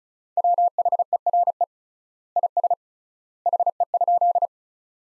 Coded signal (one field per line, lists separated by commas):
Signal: Morse code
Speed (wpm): 34 wpm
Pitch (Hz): 700 Hz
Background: none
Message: WHERE IS HE?